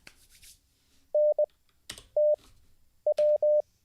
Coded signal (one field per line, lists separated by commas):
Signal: Morse code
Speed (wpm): 19 wpm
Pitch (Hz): 600 Hz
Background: none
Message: NTW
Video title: How To Learn Morse Code LIVE with N0SSC (Day 4)